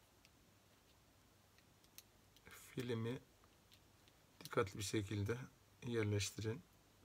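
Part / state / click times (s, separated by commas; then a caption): flex cable connector into phone board socket / not seated / none. During a charging-port board replacement on a Casper Via V3 phone, a flex cable connector is being placed toward its board socket. Faint, light handling ticks sound amid quiet room tone while someone talks. The clip ends before the connector goes in, and nothing has seated or clicked yet.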